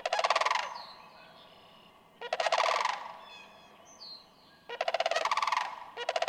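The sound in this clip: Sandhill crane calling with three rolling rattled bugles about two seconds apart and the start of another at the end, thin whistled notes of other birds between them.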